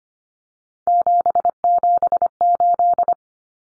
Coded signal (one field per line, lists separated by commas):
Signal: Morse code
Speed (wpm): 25 wpm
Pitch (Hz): 700 Hz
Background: none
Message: 778